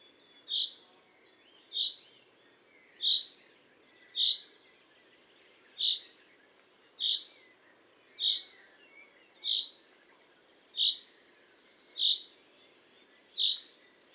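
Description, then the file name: Common chaffinch calling steadily, a series of about eleven short, high, ringing notes spaced a little over a second apart against a soft hiss. "Fringilla coelebs"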